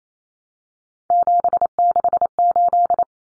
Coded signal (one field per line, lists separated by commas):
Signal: Morse code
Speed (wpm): 28 wpm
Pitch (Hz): 700 Hz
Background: none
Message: 768